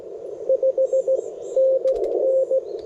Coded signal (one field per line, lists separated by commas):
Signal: Morse code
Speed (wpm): 22 wpm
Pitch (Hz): 530 Hz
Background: radio noise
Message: 5NN